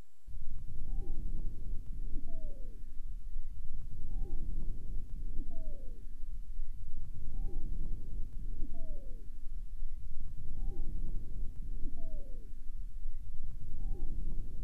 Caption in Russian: Свистящие хрипы у больной, страдающей хроническим обструктивным бронхитом. Основной дыхательный шум представлен жестким дыханием. Высокочастотные свистящие хрипы образуются при наличии вязкого секрета в мелких бронхах и бронхиолах.